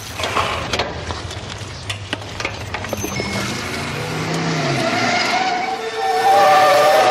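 A red car's engine rises in pitch and grows steadily louder as it approaches, with tires squealing and a sharp skid building to a loud peak at the end. No one speaks.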